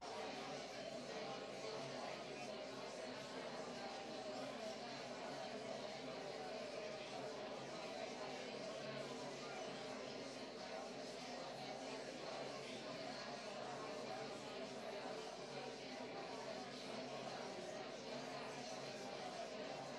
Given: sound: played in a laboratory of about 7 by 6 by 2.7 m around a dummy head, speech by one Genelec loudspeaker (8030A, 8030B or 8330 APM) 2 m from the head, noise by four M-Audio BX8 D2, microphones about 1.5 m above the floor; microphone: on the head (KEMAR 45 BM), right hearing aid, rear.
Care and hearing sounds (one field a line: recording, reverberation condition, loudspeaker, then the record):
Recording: babble noise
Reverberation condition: medium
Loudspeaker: four, about 170 cm from the corners of the room and facing them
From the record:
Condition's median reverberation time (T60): about 510 ms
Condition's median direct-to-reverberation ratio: about -0.5 dB